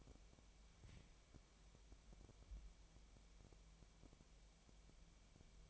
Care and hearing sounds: daily activity, microphone in the room; wipe stove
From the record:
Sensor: 1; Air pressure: 1007.1 hPa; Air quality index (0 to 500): 203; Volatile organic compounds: 22 ppm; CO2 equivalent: 2746 ppm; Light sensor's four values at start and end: 13/33/13/15 and 13/33/13/15

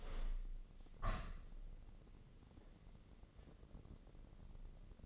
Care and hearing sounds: daily activity, microphone in the room; open window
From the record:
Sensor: 4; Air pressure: 1013.2 hPa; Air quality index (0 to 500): 172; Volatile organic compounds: 2 ppm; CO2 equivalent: 1086 ppm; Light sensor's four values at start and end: 78/193/80/81 and 71/173/72/75

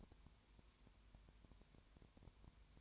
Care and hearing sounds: daily activity, microphone in the room; no activity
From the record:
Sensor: 2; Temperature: 20.3 degrees Celsius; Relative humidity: 33.8%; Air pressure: 1003.1 hPa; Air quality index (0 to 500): 82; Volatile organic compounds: 1 ppm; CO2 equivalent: 779 ppm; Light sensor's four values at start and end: 2/3/2/2 and 2/3/2/2

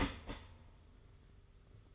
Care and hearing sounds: daily activity, microphone in the room; start toaster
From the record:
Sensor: 4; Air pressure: 991.5 hPa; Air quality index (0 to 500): 137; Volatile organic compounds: 55 ppm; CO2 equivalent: 3358 ppm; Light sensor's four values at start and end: 19/59/22/22 and 17/53/20/20

